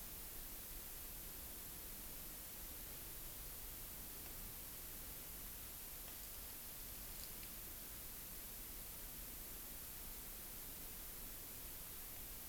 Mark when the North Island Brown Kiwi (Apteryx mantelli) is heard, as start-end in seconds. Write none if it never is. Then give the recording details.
none. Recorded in New Zealand on 16 June 2014. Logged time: 03:08